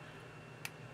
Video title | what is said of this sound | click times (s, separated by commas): The Voyage of Ripping Open a New Legacy - April 7 2024 | Oh, and it clips in up here. Okay, you have to pull on it, but then it clips. | 0.6 s